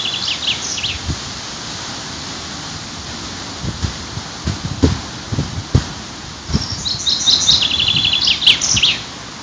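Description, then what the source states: Bird song: brief high notes early, then scattered knocks and rustles, and a fast, descending trilled phrase near the end, all over constant hissing background noise. City park.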